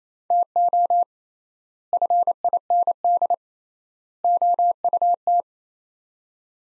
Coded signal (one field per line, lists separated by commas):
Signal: Morse code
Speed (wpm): 28 wpm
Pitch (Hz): 700 Hz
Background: none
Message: TO FIND OUT